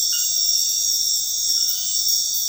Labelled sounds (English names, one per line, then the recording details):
none
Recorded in dense forest near Puerto Asís, Putumayo, Colombia, on 20 February 2024 at 23:30
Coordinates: 0.496, -76.326
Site G6383